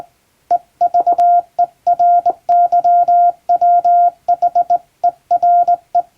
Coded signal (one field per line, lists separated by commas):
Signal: Morse code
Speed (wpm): 22 wpm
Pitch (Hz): 700 Hz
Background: none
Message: EVERYWHERE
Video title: 船舶通信士の愛用品！名品日本無線JRCの電鍵で打つトンとツーの綺麗なハーモニー！欧文電報を打ってみました。受信練習にYouTubeの再生速度を設定して聞こう morse code practice